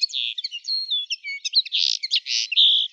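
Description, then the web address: Common linnet twittering: a rapid run of varied chirping and buzzy notes, high-pitched. "Carduelis cannabina"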